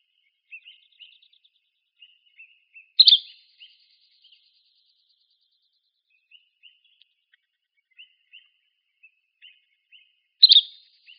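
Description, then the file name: Buff-breasted flycatcher giving two loud, sharp high call notes about seven and a half seconds apart, with soft scattered chips throughout in otherwise quiet surroundings. Recorded in Arizona on 3 August 2006. "deviche"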